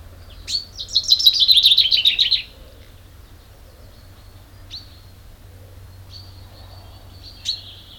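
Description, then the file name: Common chaffinch song: a fast descending series of bright notes ending in a flourish around two seconds long, followed by a few scattered single call notes. "Fringilla coelebs"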